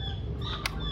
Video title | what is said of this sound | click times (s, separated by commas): Upgrade Ram Laptop Lenovo G485 | seperti itu sampai klik, kayak gitu ya. | 0.7 s